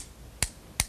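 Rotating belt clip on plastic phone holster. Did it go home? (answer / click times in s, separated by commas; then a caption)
yes / 0.4 s, 0.8 s. A spring-loaded, rotating belt clip on a plastic holster for an iPhone 3G is turned, and it clicks into its detent positions with two sharp clicks at 0.4 s and 0.8 s. The clip locks into place at about nine points for easier carrying.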